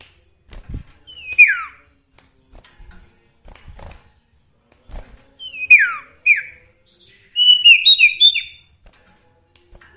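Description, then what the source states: Sooty-headed bulbul song: short bright notes slurring steeply downward, given singly then in a quick bubbling cluster of chirps near the end. Song with full variations, used for training songbirds (masteran); local name sirtu.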